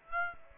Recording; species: mosquito wingbeat signal from an infrared sensor; Aedes aegypti